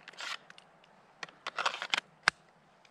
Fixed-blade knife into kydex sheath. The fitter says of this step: you have a very positive click and